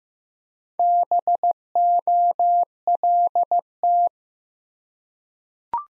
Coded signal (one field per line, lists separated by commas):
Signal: Morse code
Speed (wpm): 15 wpm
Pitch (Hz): 700 Hz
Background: none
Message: BOLT